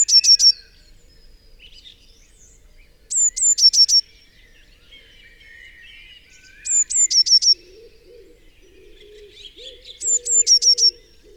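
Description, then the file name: Eurasian blue tit song repeated four times, each burst of high thin notes ending in a brief trill, amid quiet twittering of other birds and a faint low sound near the end. "Cyanistes caeruleus"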